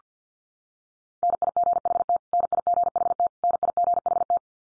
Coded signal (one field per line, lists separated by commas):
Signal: Morse code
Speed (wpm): 50 wpm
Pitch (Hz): 700 Hz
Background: none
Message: NIGHT NIGHT NIGHT